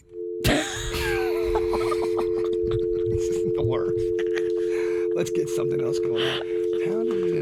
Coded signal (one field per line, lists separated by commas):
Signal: telephone call progress tone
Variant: North America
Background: speech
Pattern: dial tone